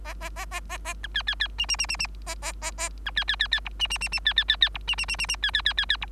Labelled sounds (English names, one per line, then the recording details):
Bengalese Finch song
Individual Bird3